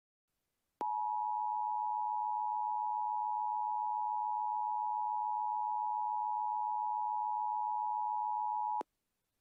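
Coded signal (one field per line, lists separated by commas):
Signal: Emergency Alert System (SAME) tones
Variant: 853 and 960 Hz attention tone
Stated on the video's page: Mock EAS scenario, fictional alert about giant Easter bunnies; not a real alert.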